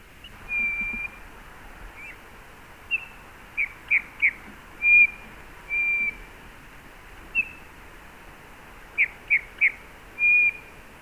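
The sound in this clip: Eurasian bullfinch calls: soft, pure, level piping whistles, some with short clipped notes between them, given in loose irregular bursts over a faint background hiss.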